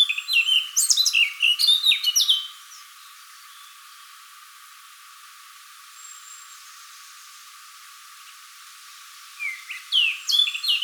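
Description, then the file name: Eurasian blackcap giving a rapid burst of chirps and sharp clicked notes for two seconds, then a long quiet gap before a shorter burst at the end. "Sylvia atricapilla"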